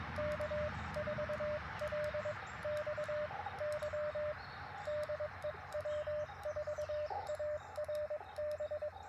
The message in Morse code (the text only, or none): K4LXY DE W4ARB